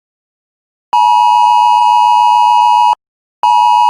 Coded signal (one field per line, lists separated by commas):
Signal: Emergency Alert System (SAME) tones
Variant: 853 and 960 Hz attention tone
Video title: EAS Scenario: Nuclear meltdown.